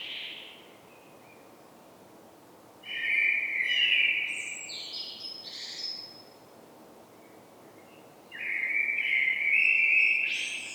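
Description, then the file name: Common blackbird song in two separate bursts, each a mellow whistled phrase topped by thin, squeaky high twitters. "Turdus merula"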